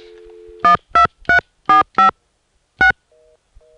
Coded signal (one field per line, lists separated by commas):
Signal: DTMF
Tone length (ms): 120 ms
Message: 12345 6